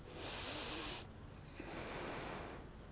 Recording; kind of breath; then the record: one breath in and out by a microphone near the nose and mouth; deep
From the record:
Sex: female